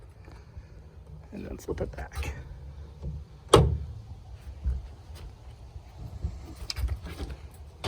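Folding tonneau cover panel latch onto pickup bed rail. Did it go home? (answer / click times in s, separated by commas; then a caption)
yes / 3.5 s, 6.7 s. After a clamp is tightened, a section of a folding tonneau cover on a 2020 Ram 2500 Laramie Night Edition pickup is flipped back down onto the truck bed rails while someone talks. Its latch snaps into place with a sharp click at 3.5 s and clicks in again at 6.7 s, showing the panel is seated.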